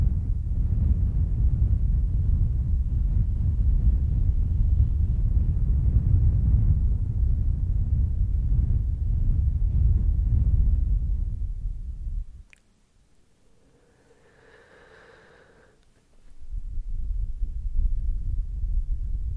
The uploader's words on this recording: ASMR bassy Breathing & Mic Blowing - no talking.